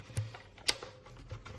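A part, likely the bag holder, is pushed back into the plastic body of a Kenmore BU4050 Intuition bagged upright vacuum with a lift-up cleaner and Hair Eliminator brushroll. Soft knocks and handling ticks lead to one sharp, bright click at 0.7 s. The part seats into place.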